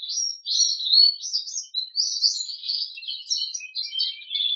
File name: kenari jambul